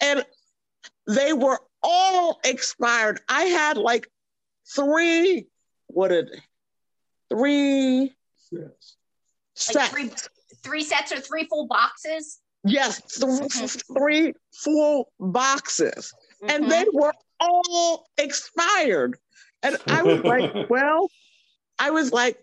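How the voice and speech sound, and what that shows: Halting speech from an adult woman with long pauses, restarts and repeated words, consistent with mild word-finding difficulty from aphasia after stroke.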